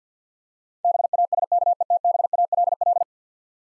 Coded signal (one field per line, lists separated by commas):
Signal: Morse code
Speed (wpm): 50 wpm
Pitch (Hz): 700 Hz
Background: none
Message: BASKETBALL